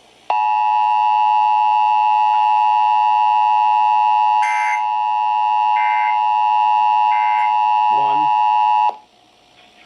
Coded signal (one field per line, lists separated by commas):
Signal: Emergency Alert System (SAME) tones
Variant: 853 and 960 Hz attention tone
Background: speech